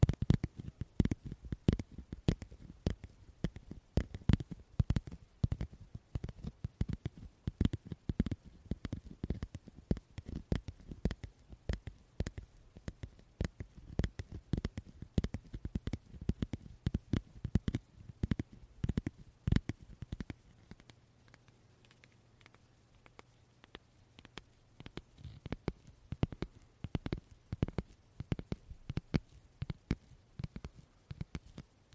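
Card wallet sounds: quick, dense taps and clicks, likely cards and the wallet being handled, come in irregular bursts, several per second. Around twenty seconds the tapping thins out and a low steady hum shows through, then the clicking resumes more sparsely.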